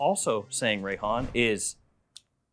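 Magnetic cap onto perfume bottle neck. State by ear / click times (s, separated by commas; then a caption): seated / 2.2 s. A magnetic cap is put back onto the neck of a glass perfume bottle. Someone talks for the first 1.8 seconds, then after a short silence the cap snaps into place with one sharp click at 2.2 s. The cap is seated.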